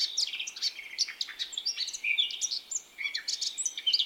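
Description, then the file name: Eurasian blackcap with a brief burst of busy, high-pitched warbling, quick chirps tumbling into one another. "Sylvia atricapilla"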